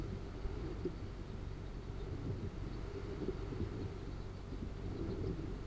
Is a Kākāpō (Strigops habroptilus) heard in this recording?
no